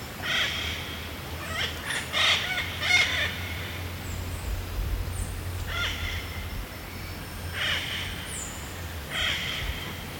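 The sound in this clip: Yellow-billed parrot calling in harsh, raspy squawks, given singly and in short clusters throughout, over a low steady hum.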